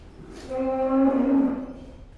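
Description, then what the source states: Cow lowing once, a level moo holding steady for just over a second before fading. Cows in a pen.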